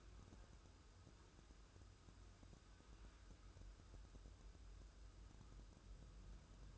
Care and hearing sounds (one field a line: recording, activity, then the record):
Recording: daily activity, microphone in the room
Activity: wipe stove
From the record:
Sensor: 2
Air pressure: 1015.0 hPa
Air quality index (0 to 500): 80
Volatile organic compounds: 2 ppm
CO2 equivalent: 991 ppm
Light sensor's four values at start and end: 13/35/14/15 and 13/35/14/15